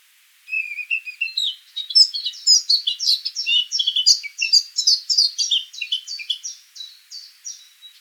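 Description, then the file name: Eurasian blackcap song, a fast jumble of bright twittering notes that opens with a thin trill and flows into quick, repeated warbled phrases. "Sylvia atricapilla"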